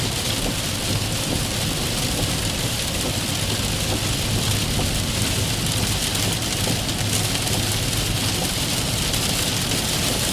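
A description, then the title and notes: Rain falls on a car windshield in a dense, steady patter that barely changes over the ten seconds. A bright hiss sits over a low rumble, with a faint low hum running underneath, as if heard from inside the car. Rain on a Car Windshield. The calming sound of raindrops falling on a car windshield. The gentle tapping of the raindrops creates a peaceful atmosphere.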